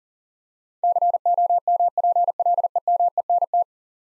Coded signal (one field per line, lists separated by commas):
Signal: Morse code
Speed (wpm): 38 wpm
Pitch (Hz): 700 Hz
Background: none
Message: COMPLEMENT